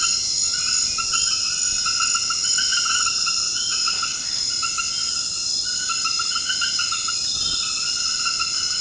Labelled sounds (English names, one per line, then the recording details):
none
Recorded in dense forest near Puerto Asís, Putumayo, Colombia, on 18 February 2024 at 23:30
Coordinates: 0.472, -76.329
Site G6394